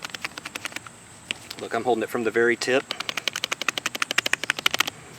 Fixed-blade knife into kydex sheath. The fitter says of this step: It's going to lock in nice and tight.